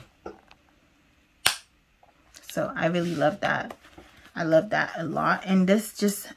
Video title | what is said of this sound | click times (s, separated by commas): COACH OUTLET HAUL - COACH SLG HAUL - COACH UNBOXING - SMALL LEATHER GOODS HAUL | high power and it just just snaps by itself and you hear the snap | 1.5 s